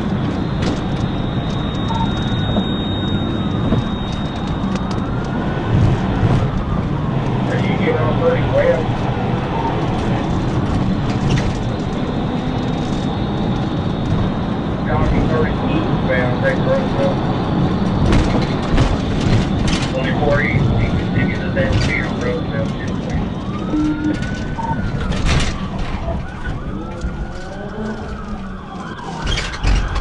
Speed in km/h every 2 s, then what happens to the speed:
145, 138, 140, 145, 156, 159, 161, 166, 169, 161, 150, 126, 44, 35, 35.
0-5 steady at about 140. 5-16 speeds up to 169. 16-28 brakes to 35.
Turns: 23-30.